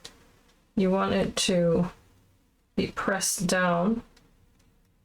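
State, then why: Seated. A plastic motion/coil mechanism piece from a craft kit is pressed down into its card backing and clicks into place at 0.1 seconds, seating firmly. Afterward someone talks, and a faint tap is heard near the end.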